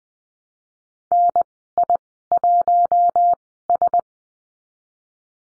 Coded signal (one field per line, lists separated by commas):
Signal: Morse code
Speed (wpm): 20 wpm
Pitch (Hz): 700 Hz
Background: none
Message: NI1S